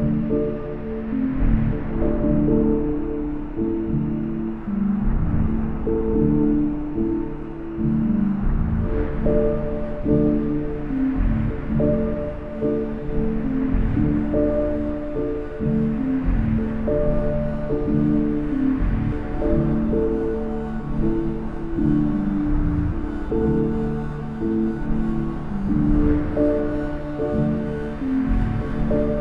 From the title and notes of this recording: On Thursday, April 12, 2018, Andrew Taggart and Chloe Lewis walked between three points in Bergen, Norway. A soundcheck for an afternoon concert.